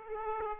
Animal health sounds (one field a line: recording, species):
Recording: mosquito wingbeat signal from an infrared sensor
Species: Aedes aegypti